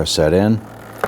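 A vehicle wiring harness connector is being handled and lined up with the socket on the back of a new tail light assembly for a 2011-2015 Kia Sorento. Someone talks, and a brief sharp sound is heard near 1.0 s. The connector has not snapped into place yet; nothing has seated or clicked.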